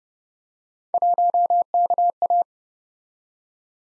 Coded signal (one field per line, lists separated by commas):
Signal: Morse code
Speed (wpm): 34 wpm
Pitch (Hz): 700 Hz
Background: none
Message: 1KA